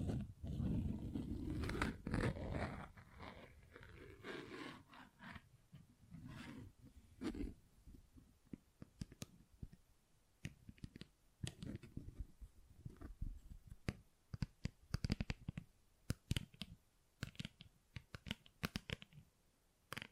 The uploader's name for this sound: Tingly Textures Tapping and Scratching